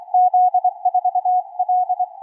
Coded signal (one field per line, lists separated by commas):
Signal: Morse code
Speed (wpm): 20 wpm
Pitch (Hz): 720 Hz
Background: none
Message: Z4L